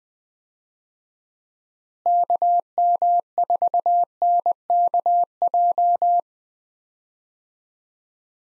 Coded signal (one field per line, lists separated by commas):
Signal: Morse code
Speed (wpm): 20 wpm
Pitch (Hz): 700 Hz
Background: none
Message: KM4NKJ